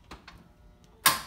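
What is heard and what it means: A Thule T2 Pro XT hitch bike rack is tilted back up into its riding position. After a few faint taps at about 0.1, 0.3 and 0.8 seconds, its metal tilt latch on the rack frame snaps home with one loud, sharp, bright hit at 1.1 seconds, and the latch is seated.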